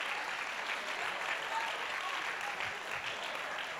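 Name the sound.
audience applauding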